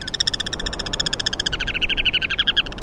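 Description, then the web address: Purple or rock sandpiper song, a fast buzzy trill of evenly spaced harmonic pulses that dips slightly in pitch toward the end. Song not normally given in winter, on jetties. "Birdnote. Purple and Rock Sandpipers"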